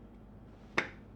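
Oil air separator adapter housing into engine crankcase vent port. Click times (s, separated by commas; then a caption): 0.8 s. A Perrin air oil separator adapter housing with its O-ring seal is pushed down all the way into the engine crankcase vent port of a 2022+ Subaru WRX, before its retaining screw is tightened. After a low, steady background, a single sharp click sounds at 0.8 s as the housing bottoms out. The adapter is seated properly.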